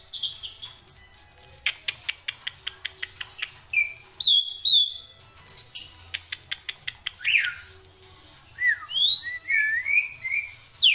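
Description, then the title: Black-winged myna song with a series of sharp clicks, short whistled phrases, another click train, then twisting looping whistles. Dense, busy song with many variations, used as tutor song for training songbirds. "Kicauan Rapat Jalak Putih Gacor Banyak Variasi Untuk Masteran"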